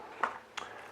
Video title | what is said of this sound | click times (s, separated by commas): Garmin FENIX 5/5S/5X MEGA Unboxing! | charging cable goes in just like all the rest of them it's identical across the board it snaps in place | 0.2 s, 0.6 s